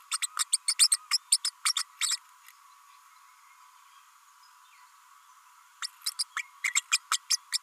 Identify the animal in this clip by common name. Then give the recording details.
Green-rumped Parrotlet. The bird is a female. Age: 32 days. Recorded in a nest box in Venezuela. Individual 17B32A5